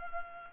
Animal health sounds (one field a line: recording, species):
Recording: mosquito wingbeat signal from an infrared sensor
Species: Culex pipiens